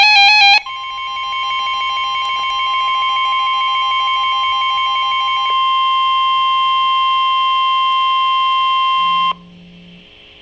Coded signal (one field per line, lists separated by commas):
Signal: Emergency Alert System (SAME) tones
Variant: 1050 Hz attention tone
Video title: Special Marine Warning (EAS #182)